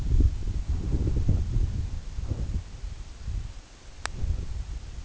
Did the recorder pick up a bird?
no